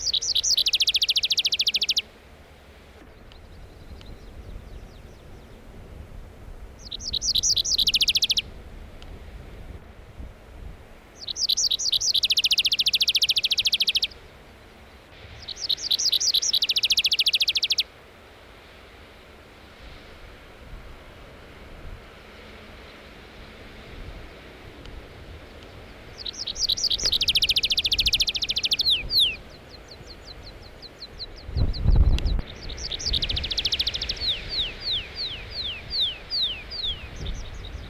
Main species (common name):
Tree Pipit